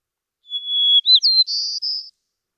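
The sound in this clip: White-crowned sparrow song, opening with a steady pure whistle, then two short slurred notes and two buzzy trilled phrases, clean with no other sounds.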